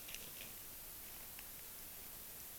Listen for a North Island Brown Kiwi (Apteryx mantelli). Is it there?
no